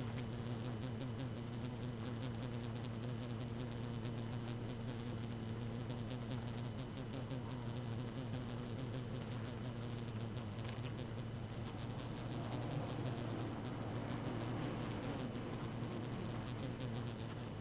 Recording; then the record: honeybee colony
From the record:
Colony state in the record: active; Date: 12 June 2018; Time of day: 1:13